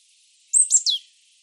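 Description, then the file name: Marsh tit call: one quick, very high burst of sharp notes, the last sweeping steeply downward, over a faint steady hiss. "Poecile palustris"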